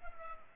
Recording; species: mosquito wingbeat signal from an infrared sensor; Culex pipiens